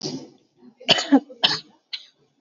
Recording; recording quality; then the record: shallow voluntary cough; excellent, no background noise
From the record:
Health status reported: exposed to COVID-19, no respiratory illness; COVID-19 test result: negative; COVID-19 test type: RT-PCR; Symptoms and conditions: cough, cold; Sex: female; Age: 35 years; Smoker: no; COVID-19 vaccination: both doses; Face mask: worn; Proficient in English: yes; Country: India